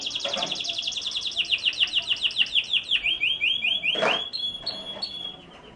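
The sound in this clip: Canary song of fast repeated downward-sweeping notes running into a steady high trill; a sharp click sounds midway.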